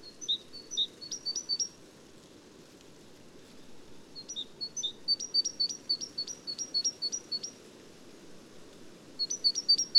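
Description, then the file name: Great tit song in three bouts of rapid, repeated two-note phrases, high then lower, separated by pauses, over a steady low rumble. "gtit major"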